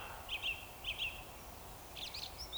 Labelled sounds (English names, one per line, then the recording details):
Eurasian Woodcock whistle
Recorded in Baden-Württemberg, Germany, on 15 June 2020 at 02:33 UTC
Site 43791, 788 m above sea level